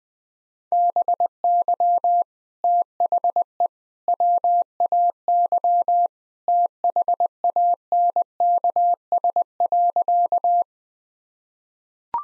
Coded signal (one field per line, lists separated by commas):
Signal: Morse code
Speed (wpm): 20 wpm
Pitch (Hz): 700 Hz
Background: none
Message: BY THE WAY THANKS.